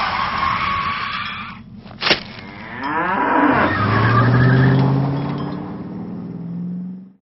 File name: adam cow